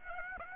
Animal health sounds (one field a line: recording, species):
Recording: mosquito wingbeat signal from an infrared sensor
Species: Aedes aegypti